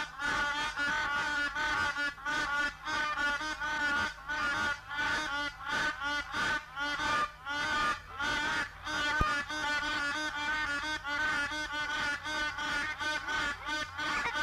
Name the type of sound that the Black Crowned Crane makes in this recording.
call